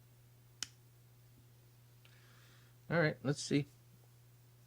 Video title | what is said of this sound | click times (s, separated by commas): SO CLOSE BUT SO FAR: Mifo Sportset Open-Ear Air Conduction Sports Headphones and HeadBand | that slides in really nice once the plastic's off and you get a little click ready | 0.6 s